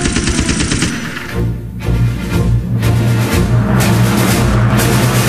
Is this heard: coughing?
no